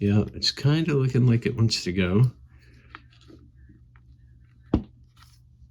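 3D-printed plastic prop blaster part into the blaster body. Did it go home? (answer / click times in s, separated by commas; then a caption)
yes / 4.7 s. A 3D-printed plastic part of a Republic Commando DC-17m prop blaster is pressed into its mating part on the blaster body while someone talks. After some faint handling noises, a single sharp snap at 4.7 s marks the part seating in place.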